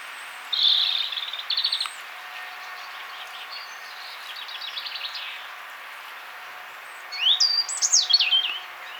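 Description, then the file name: European robin song: a high, thin trilled phrase, a second short phrase, a pause with faint warbling, then a sweeping, tumbling high phrase near the end. "Erithacus rubecula"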